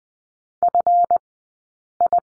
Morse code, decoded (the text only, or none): FI